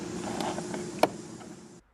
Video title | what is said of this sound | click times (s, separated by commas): Full Tow Mirror Install: (2009-2018) Dodge Ram Tow Mirrors - Boost Auto Parts | And just go ahead and put the handle bezel back on here and it'll snap right into place. | 1.0 s